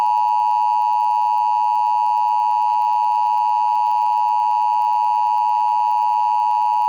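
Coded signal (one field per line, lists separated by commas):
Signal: Emergency Alert System (SAME) tones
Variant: 853 and 960 Hz attention tone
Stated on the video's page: Required weekly test EAS tones relayed by a Portland television subchannel, captured from a digital tuner recording.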